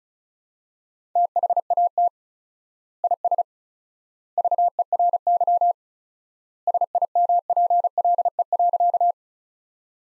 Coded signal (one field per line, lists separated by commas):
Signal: Morse code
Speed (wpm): 36 wpm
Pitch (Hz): 700 Hz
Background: none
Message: THAT IS VERY SIMPLE.